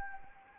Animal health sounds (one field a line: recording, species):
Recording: mosquito wingbeat signal from an infrared sensor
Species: Anopheles arabiensis